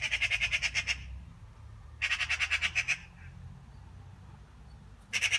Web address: voix de pie